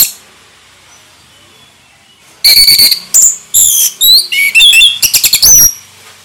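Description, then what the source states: Orange-headed thrush song: after two quiet seconds, a lively burst of sharp, high whistles, rising and falling slurs, and rapid clipped notes. Indonesian name anis merah; bird singing vigorously (gacor) in the ngeplong song style.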